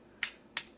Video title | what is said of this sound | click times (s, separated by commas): Tobot Mini SPEED, MONSTER, SHUTTLE, SERGEANT JUSTICE & MASTER V ULTIMATE | the legs apart and attach the train snap | 0.2 s, 0.6 s